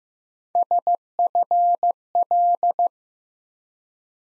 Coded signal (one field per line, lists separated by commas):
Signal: Morse code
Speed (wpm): 15 wpm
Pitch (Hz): 700 Hz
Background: none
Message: SFL